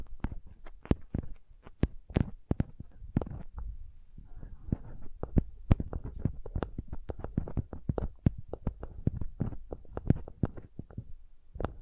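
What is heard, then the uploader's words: Soft tapping sounds repeat irregularly and densely throughout, sharp clicks over a low thudding base, some taps louder and brighter than others. Sensitive Tapping.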